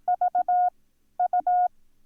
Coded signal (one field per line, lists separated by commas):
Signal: Morse code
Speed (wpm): 18 wpm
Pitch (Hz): 720 Hz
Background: none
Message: VU